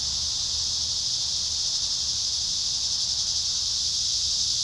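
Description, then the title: Cicadas buzzing in a steady high chorus, with a low hum beneath. Recorded at Trinity. "neoscenes: cicadas at Trinity"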